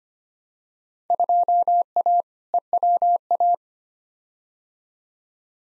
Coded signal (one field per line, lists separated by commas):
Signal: Morse code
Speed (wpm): 25 wpm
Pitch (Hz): 700 Hz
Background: none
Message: 2A EWA